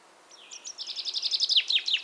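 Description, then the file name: Common chaffinch song with a short upward opening, a fast series of repeated bright notes, then dropping, slurred notes at the close. "Fringilla coelebs"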